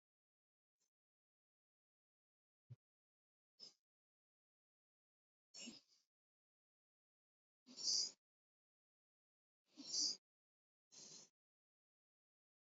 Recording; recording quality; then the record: deep breathing; excellent, no background noise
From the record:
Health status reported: exposed to COVID-19, no respiratory illness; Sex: male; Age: 31 years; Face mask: worn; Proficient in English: yes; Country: India